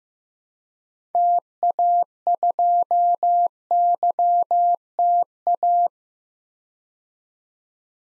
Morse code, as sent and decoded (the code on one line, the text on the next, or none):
- .- ..--- -.-- - .-
TA2YTA